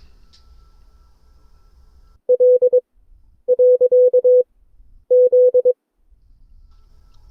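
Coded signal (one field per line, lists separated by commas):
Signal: Morse code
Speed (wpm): 22 wpm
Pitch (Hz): 500 Hz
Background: none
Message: L . Z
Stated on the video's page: Morse code class session from an amateur radio club.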